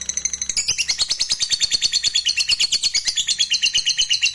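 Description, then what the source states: Lovebird song: fast, high-pitched chattering trills running on in an unbroken, rhythmic stream. Fighter lovebird, gacor (singing energetically).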